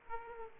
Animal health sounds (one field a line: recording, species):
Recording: mosquito wingbeat signal from an infrared sensor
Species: Aedes aegypti